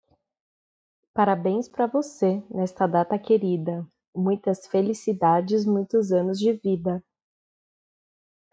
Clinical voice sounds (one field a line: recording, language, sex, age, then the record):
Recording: short text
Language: Brazilian Portuguese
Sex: female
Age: 30 to 39 years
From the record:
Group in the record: control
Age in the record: 33 years